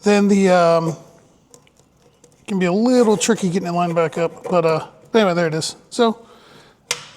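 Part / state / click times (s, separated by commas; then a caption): engine harness plug into its mating bulkhead connector / seated / 6.9 s. Someone talks while a main engine wiring harness plug is lined back up with its mating bulkhead connector and pushed together, with a few faint ticks between 1.5 and 2.3 s. At 6.9 s a sharp, positive click sounds as the connector locks in place.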